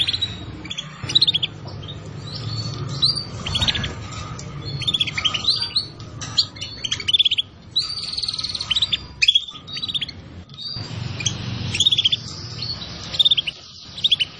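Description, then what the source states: Atlantic canary song, a long run of chirping phrases and brief trills with short pauses between, over a steady low background hum. Song used as a lure to attract birds.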